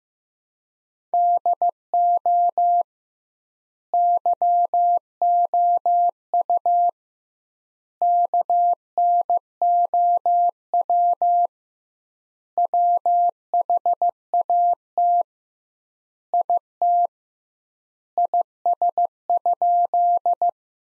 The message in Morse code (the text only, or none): DO YOU KNOW WHAT IT IS?